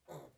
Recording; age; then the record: pig call; piglet (1 to 25 days)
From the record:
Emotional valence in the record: negative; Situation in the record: restrain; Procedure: back test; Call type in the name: low-frequency call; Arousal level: medium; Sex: female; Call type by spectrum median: low-frequency call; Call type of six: low-frequency stable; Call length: 0.38 s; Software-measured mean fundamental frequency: 74 Hz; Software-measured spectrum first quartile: 364 Hz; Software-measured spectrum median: 625 Hz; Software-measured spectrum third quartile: 1512 Hz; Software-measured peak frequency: 527 Hz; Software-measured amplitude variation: 190 dB a second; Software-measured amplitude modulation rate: 14.6 a second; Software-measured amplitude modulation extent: 13.0 dB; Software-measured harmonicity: 1.6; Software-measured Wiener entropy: -0.75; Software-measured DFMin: 1226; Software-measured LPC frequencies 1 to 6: 571, 2022, 3640, 5706, 7349, 8868 Hz